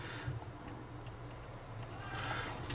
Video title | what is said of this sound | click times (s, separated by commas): Commodore 64C Part 3 - rebuild | There we go, just clicks into place. | 2.7 s